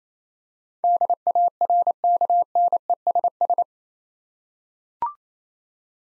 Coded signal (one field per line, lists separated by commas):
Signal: Morse code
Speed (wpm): 27 wpm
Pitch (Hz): 700 Hz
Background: none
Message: DARKNESS